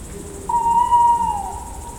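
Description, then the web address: Tawny owl giving a single drawn-out hoot, a steady note held about one second that sags slightly at its end. From the Odra (Oder river) sound collection. "Odra Sound Pack puszczyk"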